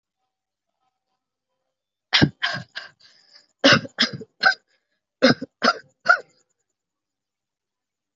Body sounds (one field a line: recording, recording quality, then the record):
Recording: shallow voluntary cough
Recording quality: moderate, slight background noise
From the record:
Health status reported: healthy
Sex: female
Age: 27 years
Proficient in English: yes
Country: India